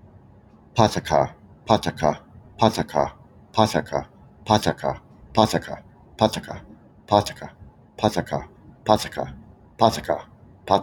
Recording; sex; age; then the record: repeated syllables /pa ta ka/; male; 50 to 59 years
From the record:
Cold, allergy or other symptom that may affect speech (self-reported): no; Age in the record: 54 years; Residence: New York, United States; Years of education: 18